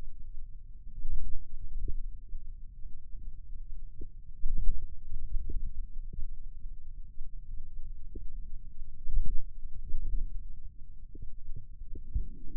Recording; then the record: forearm muscle sounds (acoustic myography)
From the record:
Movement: wrist flexion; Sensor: system 2, bracelet of six BSWA MPA416 microphones around the upper forearm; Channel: 2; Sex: male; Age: 22 years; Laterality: right